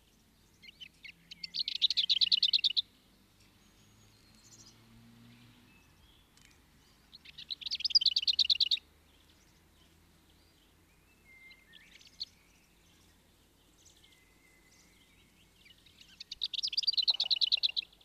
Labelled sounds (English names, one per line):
Lesser Whitethroat song